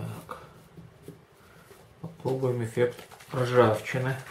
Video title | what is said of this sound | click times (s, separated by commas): Обзор и тест продукции Модел Лаб. | баночки закручиваются до щелчка так попробуем | 0.3 s